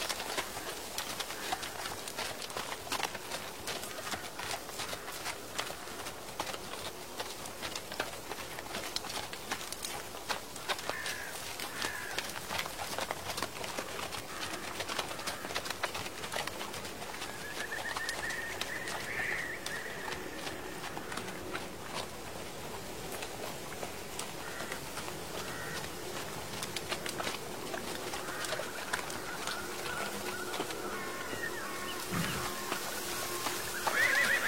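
Horse hooves clop steadily along an old road amid a constant dense crackle of dry leaves, the sharp ticks coming fast and unevenly throughout. Distant birds call in short bright phrases now and then, most clearly around the middle and toward the end.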